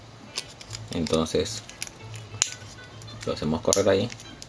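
Film leader is slid into the slots of the take-up spool in a Leica R3 35mm SLR camera and advanced, with small handling ticks and a sharp tick near 2.4 seconds while someone talks. The clip ends before the leader is held, so nothing has seated or caught yet.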